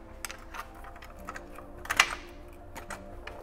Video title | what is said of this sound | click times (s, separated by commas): 800HP AWD K-Series Honda Transmission Guide! (Complete Rebuild Start to Finish) - Ep.6 | don't know if you heard that click but i clicked that you just heard is the counter shot bearing getting locked in place | 2.0 s